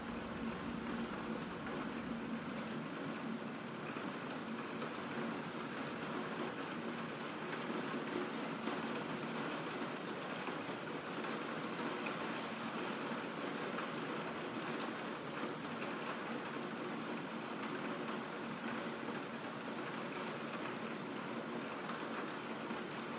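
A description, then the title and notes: Soft rain patters steadily against a window, a dense, even hiss with a faint low hum underneath, unchanging from start to finish. Soft rain against a window. The relaxing patter of rain hitting the window.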